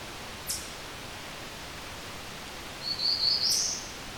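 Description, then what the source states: Chipmunk giving two crisp high chip notes three seconds apart, a short high buzzy sound overlapping the second chip, steady hiss behind. Chipmunk chipping in an open, partially old-growth area.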